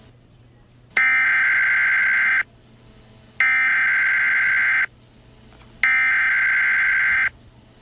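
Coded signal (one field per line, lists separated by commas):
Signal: Emergency Alert System (SAME) tones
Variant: header bursts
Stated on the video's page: Fictional EAS scenario based on a SpongeBob game, made for entertainment.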